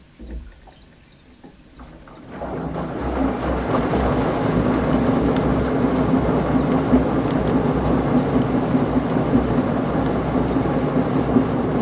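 A washing machine drum starts turning after about two seconds of near quiet, then settles into a steady, dense rumble with gurgling, sloshing water. A low hum and a tone around the low middle run underneath, with small clicks and knocks scattered throughout.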